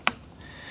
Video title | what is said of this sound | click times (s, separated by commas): Camplux NANO Tankless Water Heater – Instant Hot Water Anywhere! 🚿 - Portable & Efficient🔥 | It's blue and it's blue, so very hard to make an error. And it just snaps into place. | 0.1 s